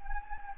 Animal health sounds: mosquito wingbeat signal from an infrared sensor; Anopheles gambiae

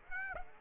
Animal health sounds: mosquito wingbeat signal from an infrared sensor; Aedes aegypti

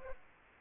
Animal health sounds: mosquito wingbeat signal from an infrared sensor; Aedes aegypti

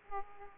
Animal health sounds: mosquito wingbeat signal from an infrared sensor; Aedes aegypti

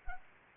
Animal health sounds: mosquito wingbeat signal from an infrared sensor; Culex pipiens

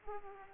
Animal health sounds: mosquito wingbeat signal from an infrared sensor; Aedes aegypti

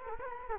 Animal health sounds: mosquito wingbeat signal from an infrared sensor; Culex quinquefasciatus

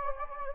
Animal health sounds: mosquito wingbeat signal from an infrared sensor; Anopheles gambiae

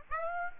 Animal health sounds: mosquito wingbeat signal from an infrared sensor; Aedes aegypti

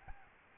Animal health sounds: mosquito wingbeat signal from an infrared sensor; Aedes albopictus

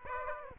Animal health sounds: mosquito wingbeat signal from an infrared sensor; Aedes aegypti

